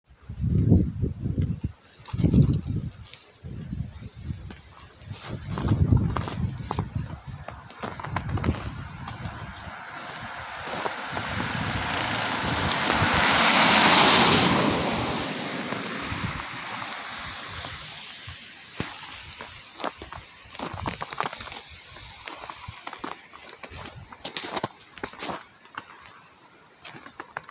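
Someone walks along route 191, footsteps thudding at an uneven pace. A vehicle approaches from about eight seconds, rushes past loudest near fourteen seconds, and fades. Afterward the steps continue, mixed with scattered crunches and sharp clicks.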